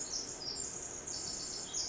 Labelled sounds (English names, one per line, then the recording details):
Pacific Wren
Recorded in Sonoma County, California